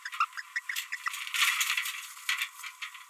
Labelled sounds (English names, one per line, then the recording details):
Green-rumped Parrotlet babbling
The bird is a female
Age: 30 days
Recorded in a nest box in Venezuela
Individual 17B42B1